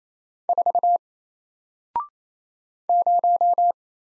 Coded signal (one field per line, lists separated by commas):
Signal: Morse code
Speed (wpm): 27 wpm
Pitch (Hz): 700 Hz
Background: none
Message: 4 0